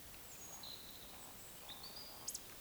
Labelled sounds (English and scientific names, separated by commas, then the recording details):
Eurasian Woodcock (Scolopax rusticola) whistle, Eurasian Woodcock (Scolopax rusticola) croak
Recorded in Baden-Württemberg, Germany, on 20 May 2021 at 19:34 UTC
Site 24606, 635 m above sea level